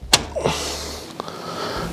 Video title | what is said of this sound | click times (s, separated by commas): BUILDING MY NEW PC! A BREAK FROM THE GARAGE | wanna make sure it clicks. | 0.1 s